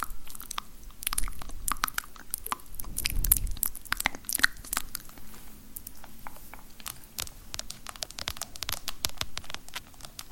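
Long nails tap, click and crinkle on random objects in dense, irregular bursts, with a soft low rumble around the three-second mark.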